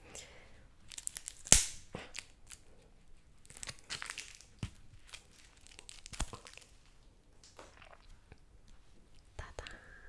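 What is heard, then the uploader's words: Wet mouth sounds of someone licking and sucking a lollipop, with irregular clicks, smacks and a sharp slurp near the second mark. EATING SOUNDS LOLLIPOP CANDY.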